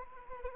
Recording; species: mosquito wingbeat signal from an infrared sensor; Anopheles arabiensis